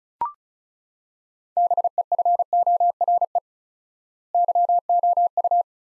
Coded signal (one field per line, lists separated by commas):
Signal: Morse code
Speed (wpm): 36 wpm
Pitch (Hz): 700 Hz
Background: none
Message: BEFORE YOU